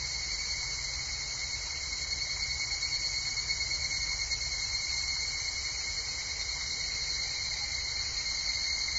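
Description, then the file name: Evening cicada sound, an unbroken shrill high buzz with a steady lower whine, slight flutter in loudness but no pauses across the whole stretch. "higurashi"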